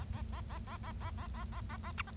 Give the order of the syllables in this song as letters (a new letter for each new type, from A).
A A A A A A A A A A A A B C